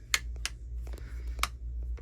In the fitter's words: We're just gonna, it just snaps in place on that little magnet there, and there's these two little pins that stick out.